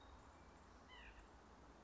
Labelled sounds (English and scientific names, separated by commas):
White-breasted Nuthatch (Sitta carolinensis)